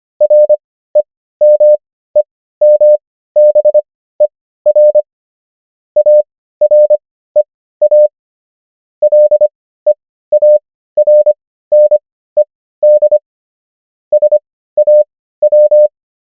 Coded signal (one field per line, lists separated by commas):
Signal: Morse code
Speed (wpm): 25 wpm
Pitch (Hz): 600 Hz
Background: none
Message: REMEMBER AREA LEARNED SAW